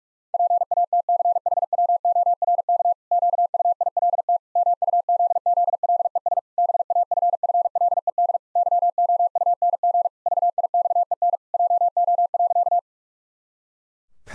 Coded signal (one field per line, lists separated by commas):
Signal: Morse code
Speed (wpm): 44 wpm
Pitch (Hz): 700 Hz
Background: none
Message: PATCHWORK QUILT MUZZLES BAFFLED YOUNG VIXEN JO.